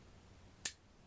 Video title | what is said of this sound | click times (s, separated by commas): 009 shooting and cleaning the CZ 452 2E (Left Handed) | oh I just heard a click and now it's back into place | 0.7 s